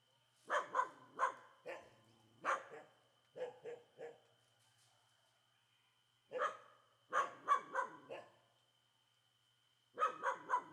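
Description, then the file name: Dogs barking in loud bursts of two to four sharp barks, separated by short pauses, over a faint steady high tone. Several dogs barking loudly in a quiet street in Comunidade do Moinho. "Cachorros Latindo forte em rua pouco movimentada na Comunidade do Moinho"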